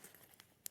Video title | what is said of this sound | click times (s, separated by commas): SS 16 11 23 | your any bit so there you go you can hear that good solid click | 0.7 s